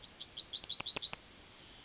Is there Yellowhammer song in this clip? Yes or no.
yes